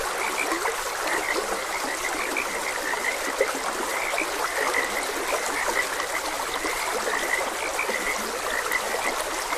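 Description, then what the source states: Frog chorus with brief, repeated calls, partly masked by the continuous hiss of running water. Frogs croaking beside a gentle stream.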